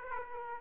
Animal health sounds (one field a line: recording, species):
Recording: mosquito wingbeat signal from an infrared sensor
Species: Aedes aegypti